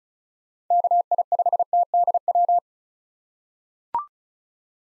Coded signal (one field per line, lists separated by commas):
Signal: Morse code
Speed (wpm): 36 wpm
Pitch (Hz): 700 Hz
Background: none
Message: KI5TDW